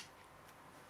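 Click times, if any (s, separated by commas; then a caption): none. A metal blade is being handled and pushed back into the self-locking, toolless blade clamp of a Makita 18V cordless jigsaw. Only faint, steady handling noise with light ticking is heard at a low level throughout. Nothing has seated or clicked yet.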